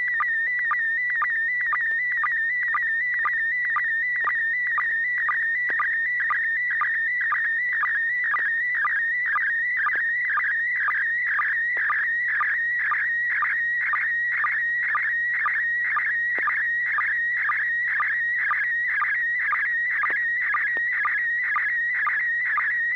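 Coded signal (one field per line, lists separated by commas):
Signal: SSTV (slow-scan television)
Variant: PD120 mode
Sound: warbling, buzzy tone sliding between pitches, with a regular low chirp twice a second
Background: mains hum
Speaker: okay this S6 pgq and this is a PD 120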